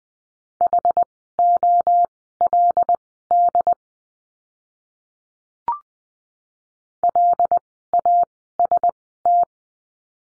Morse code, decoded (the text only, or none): HOLD LAST